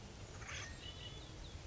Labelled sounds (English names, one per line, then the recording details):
Acorn Woodpecker
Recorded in Sonoma County, California